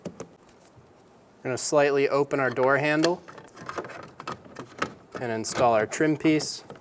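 On a 2007-2017 Ford Expedition, a plastic door trim piece is handled against the exterior door panel near the mirror, with the door handle slightly opened, while someone talks. Light taps and small handling knocks are heard between the speech. Nothing has seated or clicked into place yet.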